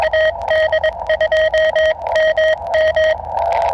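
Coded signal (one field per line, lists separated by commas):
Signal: Morse code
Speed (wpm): 21 wpm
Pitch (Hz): 1900 Hz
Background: radio noise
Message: AD2MM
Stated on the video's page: CW POTA park activation.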